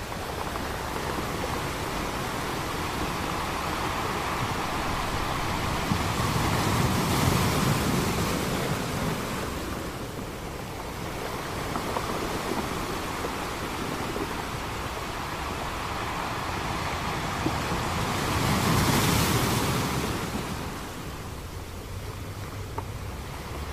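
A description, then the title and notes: Ocean waves wash in a steady, dense roar that never drops out. Two larger swells rise and break, one around seven seconds and another near nineteen, each adding a brighter hiss before easing back. A low rumble, like wind, sits underneath throughout. Ocean Sounds.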